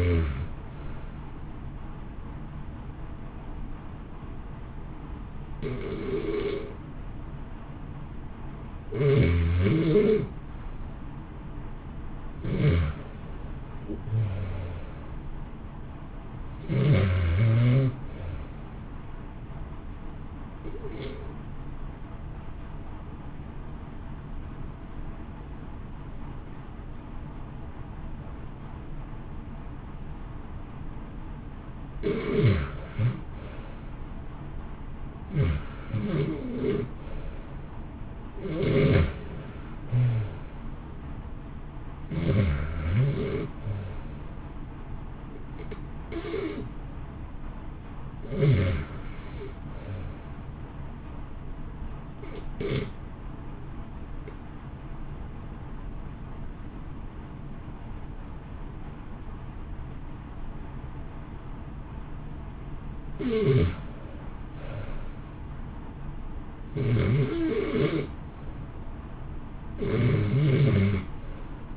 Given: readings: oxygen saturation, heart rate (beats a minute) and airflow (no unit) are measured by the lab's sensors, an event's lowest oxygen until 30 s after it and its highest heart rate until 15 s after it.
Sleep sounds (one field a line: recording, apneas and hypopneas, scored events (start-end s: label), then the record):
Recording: breathing in sleep by a smartphone at the bedside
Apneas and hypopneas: 2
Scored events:
3.00-15.50 s: hypopnea (REM, oxygen 89% highest, then 86% lowest, heart rate 61 at the start, 66 highest)
53.00-65.40 s: hypopnea (REM, oxygen 91% highest, then 83% lowest, heart rate 60 at the start, 65 highest)
From the record:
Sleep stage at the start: REM sleep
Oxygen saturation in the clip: 83 to 91%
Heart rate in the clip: 59 to 67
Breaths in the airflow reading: 23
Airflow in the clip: -1.2 to 1.8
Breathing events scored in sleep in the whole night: 328 in 6.3 hours asleep